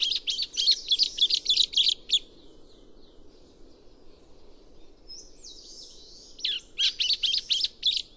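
Chestnut-cheeked starling chatter: a quick series of squeaky, grating notes, a quiet gap with a drawn-out squeal, then another rapid burst.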